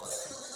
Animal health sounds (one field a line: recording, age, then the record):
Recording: pig call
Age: piglet (1 to 25 days)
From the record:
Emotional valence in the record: negative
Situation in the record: short isolation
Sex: female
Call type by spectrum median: high-frequency call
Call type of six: mixed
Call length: 0.57 s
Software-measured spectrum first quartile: 1148 Hz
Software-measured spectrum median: 4644 Hz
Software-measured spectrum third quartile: 7551 Hz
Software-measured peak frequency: 525 Hz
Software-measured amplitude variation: 82 dB a second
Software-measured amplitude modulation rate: 22.0 a second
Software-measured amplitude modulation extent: 3.7 dB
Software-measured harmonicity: 1.7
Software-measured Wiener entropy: -1.83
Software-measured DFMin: 1764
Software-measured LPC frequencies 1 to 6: 599, 1385, 4058, 5766, 6923, 8166 Hz